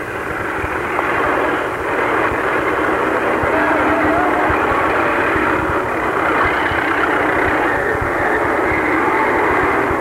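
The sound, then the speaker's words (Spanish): A 1927 Dodge car, number 43, runs steadily as it drives down the slope of the Lo Prado tunnel at about 40 km/h, a loud, continuous rumbling drone with a rough, sputtering low pulse underneath, holding an even level throughout with no one talking. “Este es un Dodge del año 1927, el número 43.”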